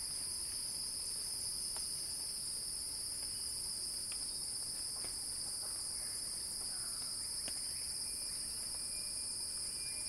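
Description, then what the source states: Cicada drone, high and sizzling, running without pause, with sparse faint clicks in the background. Cicada song building as a crescendo.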